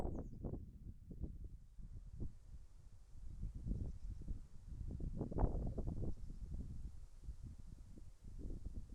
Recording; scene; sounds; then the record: everyday scene through a hearing-aid microphone; wind on the microphone; wind, birds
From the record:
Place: in front of a rural house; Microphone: behind the ear, right, rear